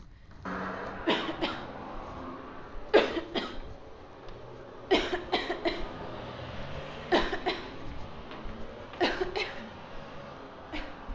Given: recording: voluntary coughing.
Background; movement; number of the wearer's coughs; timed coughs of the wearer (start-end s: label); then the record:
traffic; walking; 12
1.06-1.33 s: cough
1.38-1.73 s: cough
2.92-3.22 s: cough
3.34-3.59 s: cough
4.89-5.24 s: cough
5.30-5.55 s: cough
5.63-5.89 s: cough
7.10-7.41 s: cough
7.45-7.67 s: cough
8.99-9.33 s: cough
9.35-9.74 s: cough
10.71-11.02 s: cough
From the record:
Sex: female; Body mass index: 18.3 kg/m2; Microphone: on the chest, facing outward